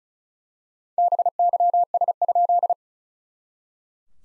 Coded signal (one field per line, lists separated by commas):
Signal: Morse code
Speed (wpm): 35 wpm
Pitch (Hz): 700 Hz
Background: none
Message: BYS?